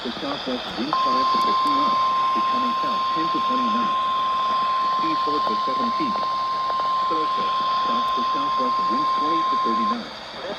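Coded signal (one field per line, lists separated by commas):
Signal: Emergency Alert System (SAME) tones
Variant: 1050 Hz attention tone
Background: speech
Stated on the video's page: Required weekly tests received on weather radio stations KHB38 and WXJ94.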